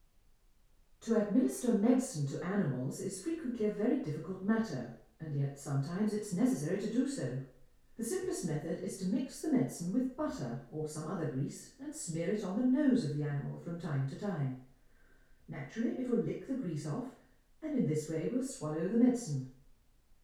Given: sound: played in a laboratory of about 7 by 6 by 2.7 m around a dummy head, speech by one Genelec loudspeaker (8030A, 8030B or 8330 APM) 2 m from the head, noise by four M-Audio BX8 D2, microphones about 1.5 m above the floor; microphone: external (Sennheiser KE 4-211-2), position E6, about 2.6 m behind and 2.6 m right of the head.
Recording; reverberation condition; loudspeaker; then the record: female speech in English; medium; behind (180 degrees)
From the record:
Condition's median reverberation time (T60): about 510 ms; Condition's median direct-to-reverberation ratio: about -0.5 dB